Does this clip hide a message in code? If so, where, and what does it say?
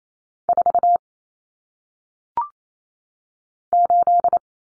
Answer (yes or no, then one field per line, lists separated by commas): yes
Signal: Morse code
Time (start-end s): 0.5-4.4 s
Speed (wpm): 28 wpm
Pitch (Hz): 700 Hz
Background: none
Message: 4 8